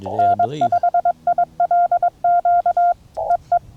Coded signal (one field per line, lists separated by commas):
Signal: Morse code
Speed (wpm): 21 wpm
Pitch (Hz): 690 Hz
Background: none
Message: N5ILQ EE